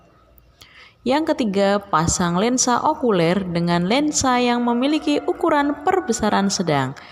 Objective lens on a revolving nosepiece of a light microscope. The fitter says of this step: dengan lensa okuler yang ditandai bunyi klik pada revolver